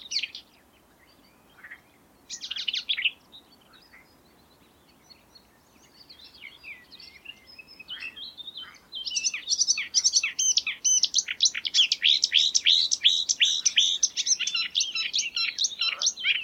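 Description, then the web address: Marsh warbler song, scattered varied notes building into a fast, continuous chattering stream of trills in the second half. Song, recorded in May 2020. "geluiden bosrietzanger mei 2020 zang"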